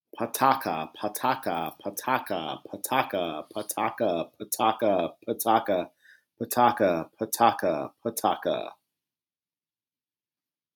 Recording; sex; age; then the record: repeated syllables /pa ta ka/; male; 40 to 49 years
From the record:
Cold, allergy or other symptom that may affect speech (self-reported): no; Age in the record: 45 years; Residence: Virginia, United States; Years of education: 16